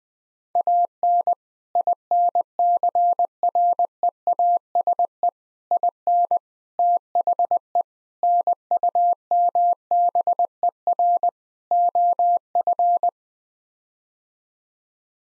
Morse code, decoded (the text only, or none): AN INCREASE IN THE NUMBER OF